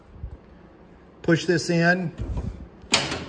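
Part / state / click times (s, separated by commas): tailgate side latches on a classic station wagon tailgate / released / 2.9 s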